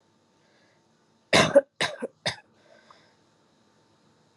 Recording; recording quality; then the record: shallow voluntary cough; excellent, no background noise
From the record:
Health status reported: COVID-19 positive, mild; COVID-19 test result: positive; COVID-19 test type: RT-PCR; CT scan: not taken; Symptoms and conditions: cough, cold, sore throat, fever, fatigue, muscle pain, loss of smell and taste, asthma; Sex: female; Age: 25 years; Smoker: no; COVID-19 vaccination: both doses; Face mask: not worn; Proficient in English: yes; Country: India